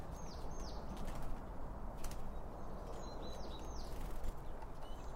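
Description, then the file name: Birds: two short groups of high, downslurred chirps, one at the start and one past the middle, over a heavy steady low background rumble. Birds around a bird feeding spot, recorded with two Line Audio OM1 microphones. "Birds Around Birdfeeding With Two Om 1 From Line Audio"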